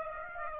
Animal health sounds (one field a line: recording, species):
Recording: mosquito wingbeat signal from an infrared sensor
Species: Aedes aegypti